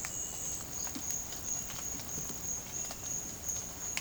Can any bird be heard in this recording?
no